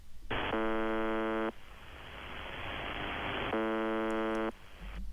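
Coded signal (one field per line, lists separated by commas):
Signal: channel marker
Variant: UVB-76 (The Buzzer)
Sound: two harsh low buzzes about a second each, separated by radio hiss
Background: radio static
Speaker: słyszymy pewne charakterystyczne bułczenie które trwa niemalże 24 godziny na dobę i w pewnym momencie to buczenie potrafi przestać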